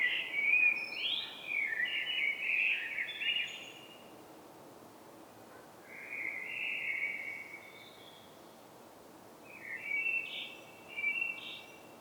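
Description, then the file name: Common blackbird singing loud warbled phrases at the start, followed by two quieter phrases separated by gaps. "Turdus merula"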